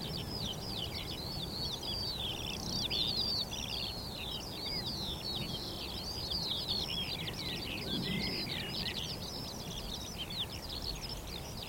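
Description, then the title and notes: Eurasian skylark chorus, dense and continuous, with tumbling high trills and rapid chirps from multiple birds; faint low rumble beneath. Chorus of skylarks rising from a vast open field of young barley and singing while ascending ever higher, northern edge of the Cotswolds, South Warwickshire, cloudy sky. "Sound Escape: Skylarks ascending over a field of barley. We're on the northern edge of the Cotswolds in South Warwickshire – a vast open field of young barley stretches to the horizon. Quietly at first, then all of a rush, a hidden chorus of skylarks rises from the vegetation, singing exultantly"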